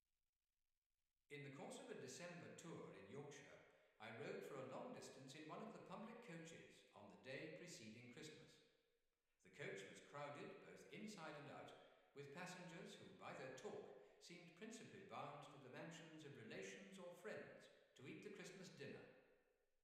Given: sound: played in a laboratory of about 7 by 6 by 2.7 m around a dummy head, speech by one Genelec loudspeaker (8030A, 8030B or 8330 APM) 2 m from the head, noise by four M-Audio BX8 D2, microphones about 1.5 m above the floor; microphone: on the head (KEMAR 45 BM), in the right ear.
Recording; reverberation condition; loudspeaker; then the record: male speech in English; high; 90 degrees to the right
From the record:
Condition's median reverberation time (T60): about 1300 ms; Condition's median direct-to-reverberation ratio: about -4.0 dB